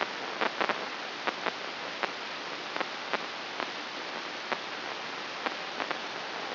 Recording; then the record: brain microelectrode recording played as sound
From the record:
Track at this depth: inside the subthalamic nucleus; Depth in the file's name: 5.337 mm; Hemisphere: right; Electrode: 2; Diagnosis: Parkinson's disease